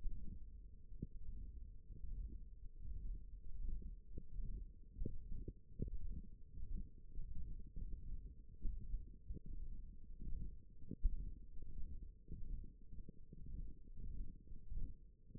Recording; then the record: forearm muscle sounds (acoustic myography)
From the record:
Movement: ulnar deviation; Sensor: system 1, eight BSWA MPA416 microphones around the upper forearm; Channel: 4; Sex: male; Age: 21 years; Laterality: right